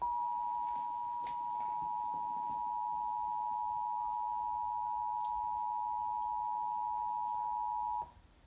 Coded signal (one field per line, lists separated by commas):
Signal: Emergency Alert System (SAME) tones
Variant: 853 and 960 Hz attention tone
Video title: EAS Tornado Warning Chicagoland area Cook & DuPage Counties